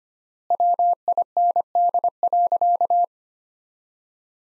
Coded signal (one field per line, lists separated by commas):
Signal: Morse code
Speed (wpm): 25 wpm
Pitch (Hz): 700 Hz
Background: none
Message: WIND.